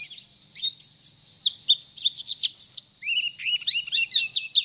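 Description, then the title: Oriental magpie-robin song: quick chattering chirps and slurred whistles in a steady stream, with lower wavering notes in the last seconds and background hiss. Indonesian title calls the bird a 'gacor' magpie-robin, a bird-keepers' term for one singing often and energetically. "Kacer Gacor 1"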